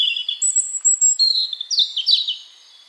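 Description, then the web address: European robin song with a low warble leading into a long high whistle and then quick tumbling notes that swoop up and down. "Deverinetal 2025 File origin Bird Only Er Ru"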